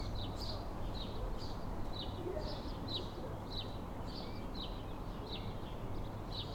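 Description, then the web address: Sparrow chirps at a regular pace, repeated many times, above a persistent low rumble of traffic. Town street on a calm afternoon, with traffic. "Systematic-Sound - General Ambience Series – Towns Villages 01 AMB TOWN Street Calm Afternoon Sparrows Traffic"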